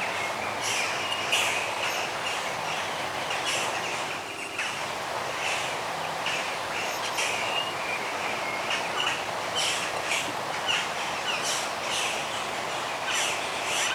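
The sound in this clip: Dense birdsong chorus of repeated chirps throughout, set against a continuous noisy background.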